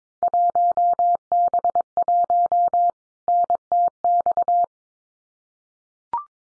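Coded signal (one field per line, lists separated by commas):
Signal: Morse code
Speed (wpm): 22 wpm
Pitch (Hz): 700 Hz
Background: none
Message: 1B1 NTX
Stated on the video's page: Field Day exchange copying drill at 22 wpm; each exchange is sent in Morse, spoken, then sent again.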